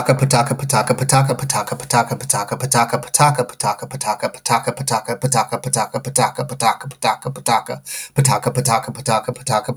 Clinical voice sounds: repeated syllables /pa ta ka/; male; 30 to 39 years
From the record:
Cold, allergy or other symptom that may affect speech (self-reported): no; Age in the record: 33 years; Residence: Washington, United States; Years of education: 14

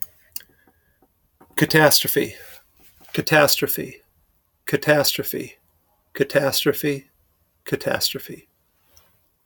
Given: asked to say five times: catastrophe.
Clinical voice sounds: repeated word; male; 40 to 49 years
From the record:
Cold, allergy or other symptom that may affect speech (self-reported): no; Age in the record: 41 years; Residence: California, United States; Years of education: 16

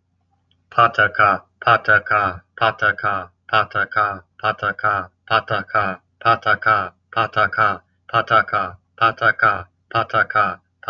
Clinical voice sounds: repeated syllables /pa ta ka/; male; 40 to 49 years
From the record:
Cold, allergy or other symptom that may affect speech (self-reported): no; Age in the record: 48 years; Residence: Missouri, United States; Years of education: 14

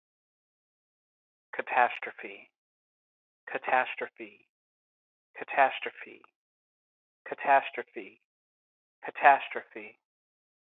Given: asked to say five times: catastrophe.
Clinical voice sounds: repeated word; male; 30 to 39 years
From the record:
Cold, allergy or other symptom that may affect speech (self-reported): no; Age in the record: 31 years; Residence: Massachusetts, United States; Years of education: 14

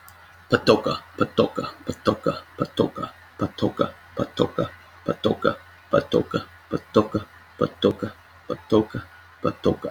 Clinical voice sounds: repeated syllables /pa ta ka/; male; 30 to 39 years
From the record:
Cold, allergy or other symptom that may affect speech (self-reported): no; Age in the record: 36 years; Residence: Romania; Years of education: 16

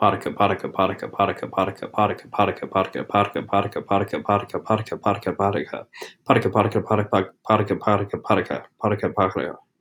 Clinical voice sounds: repeated syllables /pa ta ka/; male; 20 to 29 years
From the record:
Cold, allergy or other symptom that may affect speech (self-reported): no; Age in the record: 27 years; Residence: Iowa, United States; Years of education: 16

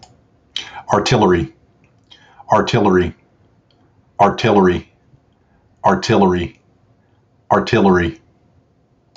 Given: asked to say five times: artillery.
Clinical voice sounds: repeated word; male; 50 to 59 years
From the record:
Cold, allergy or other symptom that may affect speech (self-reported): no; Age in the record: 50 years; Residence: North Carolina, United States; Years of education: 16

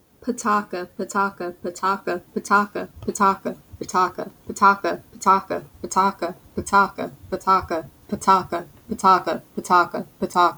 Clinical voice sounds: repeated syllables /pa ta ka/; female; 20 to 29 years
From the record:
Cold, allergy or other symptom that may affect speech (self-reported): no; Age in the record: 28 years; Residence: Louisiana, United States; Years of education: 16

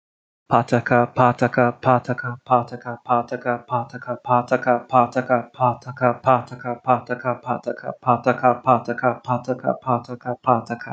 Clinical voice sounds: repeated syllables /pa ta ka/; male; 30 to 39 years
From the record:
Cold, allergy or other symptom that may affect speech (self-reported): no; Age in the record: 39 years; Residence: Arkansas, United States

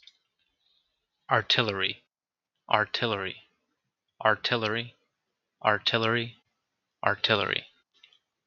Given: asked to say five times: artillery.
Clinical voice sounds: repeated word; male; 20 to 29 years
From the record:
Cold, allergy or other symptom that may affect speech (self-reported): no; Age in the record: 24 years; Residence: West Virginia, United States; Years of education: 16

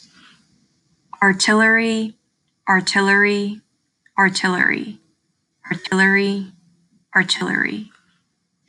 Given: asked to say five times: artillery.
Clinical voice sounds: repeated word; female; 18 to 19 years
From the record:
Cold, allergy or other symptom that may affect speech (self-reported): no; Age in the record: 19 years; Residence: Texas, United States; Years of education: 14

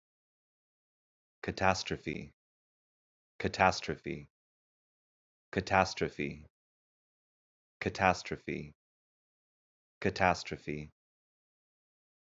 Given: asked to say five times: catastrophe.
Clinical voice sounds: repeated word; male; 30 to 39 years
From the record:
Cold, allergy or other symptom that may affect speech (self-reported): no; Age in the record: 34 years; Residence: United States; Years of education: 17

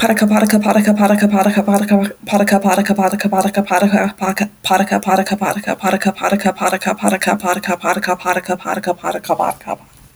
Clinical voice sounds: repeated syllables /pa ta ka/; female; 20 to 29 years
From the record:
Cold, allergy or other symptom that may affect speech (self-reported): no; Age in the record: 25 years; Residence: Nebraska, United States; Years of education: 18

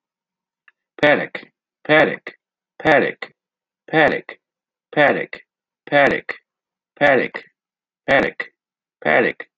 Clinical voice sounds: repeated syllables /pa ta ka/; male; 50 to 59 years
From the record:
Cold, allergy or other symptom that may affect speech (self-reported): no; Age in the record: 55 years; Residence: Ohio, United States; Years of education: 12

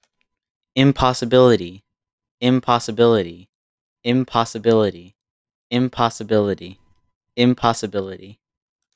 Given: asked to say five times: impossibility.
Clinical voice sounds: repeated word; male; 20 to 29 years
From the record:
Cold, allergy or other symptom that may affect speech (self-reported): no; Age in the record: 20 years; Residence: Florida, United States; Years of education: 14

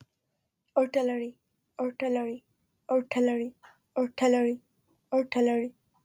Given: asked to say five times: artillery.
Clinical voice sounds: repeated word; female; 20 to 29 years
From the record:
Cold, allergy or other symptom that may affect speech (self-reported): no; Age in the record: 23 years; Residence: Illinois, United States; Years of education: 15

